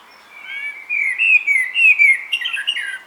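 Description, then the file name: Common blackbird delivering a sustained flowing fluty warble that ends in a quick twittery flourish. "Turdus merula"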